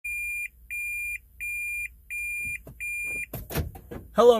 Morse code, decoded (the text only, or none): none